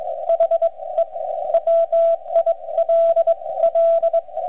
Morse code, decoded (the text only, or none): HE WILL